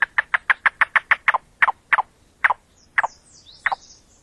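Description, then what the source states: Yellow-billed cuckoo's knocking series starting fast, then slowing into widely spaced downslurred notes; a faint high whistle near the end. Survey playback vocalization.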